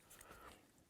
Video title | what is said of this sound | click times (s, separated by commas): NEW Pile Driver Bullet Puller from Frankford Arsenal | gonna pushed around in it's gonna click into place we | 0.2 s